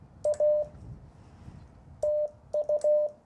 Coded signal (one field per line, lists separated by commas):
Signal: Morse code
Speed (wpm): 16 wpm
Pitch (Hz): 600 Hz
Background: none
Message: A TU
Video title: A Quick POTA Activation @ Kartchner Caverns State Park, AZ